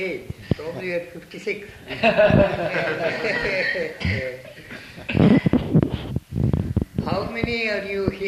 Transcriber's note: laughter